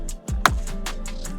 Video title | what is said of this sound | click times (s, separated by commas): Renault Clio 172/182 How To Replace Damaged seat, Dash Top Removal and Replacement | Give it a big pop. That's just coming off the bracketry. | 0.5 s